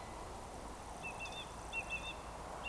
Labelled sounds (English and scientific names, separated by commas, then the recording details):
Eurasian Woodcock (Scolopax rusticola) whistle
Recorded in Baden-Württemberg, Germany, on 29 June 2020 at 19:50 UTC
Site 43791, 788 m above sea level